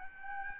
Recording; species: mosquito wingbeat signal from an infrared sensor; Aedes albopictus